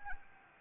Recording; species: mosquito wingbeat signal from an infrared sensor; Anopheles arabiensis